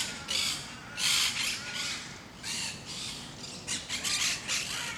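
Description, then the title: Parakeets give harsh, buzzy squawks in several bursts. Parakeets in Parc de Forest, Saint-Gilles, Belgium; Sony PCM-D100, internal microphones in wide position. "Parc de Forest, 1060 Saint-Gilles, Belgique - Parakeets - Perruches"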